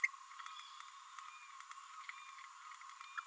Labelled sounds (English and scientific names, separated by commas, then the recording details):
Green-rumped Parrotlet (Forpus passerinus) babbling
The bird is a female
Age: 26 days
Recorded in a nest box in Venezuela
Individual 17B32A7